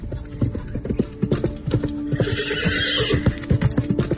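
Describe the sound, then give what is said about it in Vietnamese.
A ridden horse travelling along a road whinnies in a long, wavering high-pitched neigh while rapid hoofbeats pound steadily underneath, a fast galloping rhythm running throughout. “Chỉnh đốn xong xuôi rồi, hắn lại lên ngựa lên đường.”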